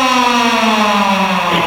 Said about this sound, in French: On dirait la vieille sonnerie du collège.